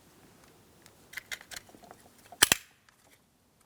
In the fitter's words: After that audible click, give it a wiggle.